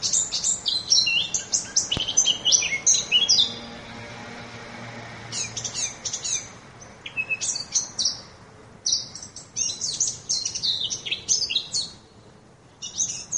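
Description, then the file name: Eurasian blackcap song: fast, jumbled high warbles in several bursts separated by short pauses, with a faint low hum in the background. "moenchsgrasmuecke"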